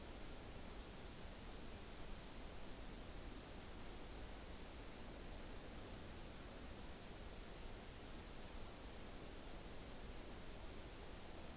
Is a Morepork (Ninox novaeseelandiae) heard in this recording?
no